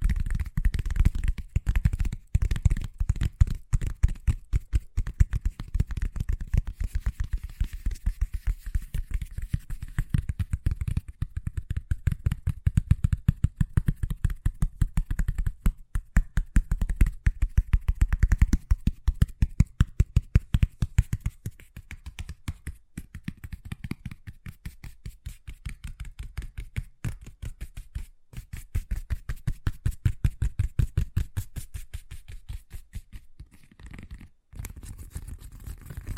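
Fast, steady tapping runs throughout in dense rapid strokes with a low thud, loudest before twenty seconds, then softer with brief gaps.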